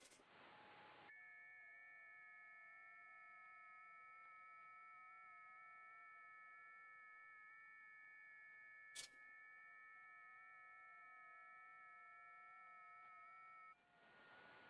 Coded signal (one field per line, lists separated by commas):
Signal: FT8